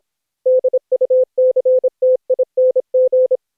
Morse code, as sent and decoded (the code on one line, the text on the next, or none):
-.. ..- -.-. - .. -. --.
DUCTING